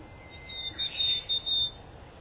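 Willow tit calls, a series of about four harsh, nasal buzzy notes in quick succession over a thin steady high tone, then quiet.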